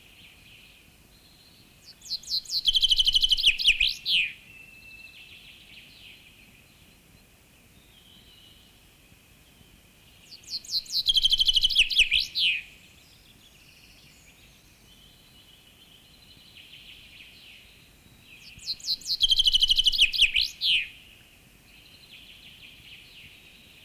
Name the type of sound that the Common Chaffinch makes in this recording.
song